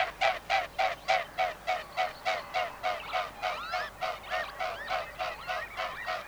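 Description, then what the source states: Mute Swan wingbeats, steady pulsing throbs that ease slightly in volume, with short whistled calls through the second half. Field recording.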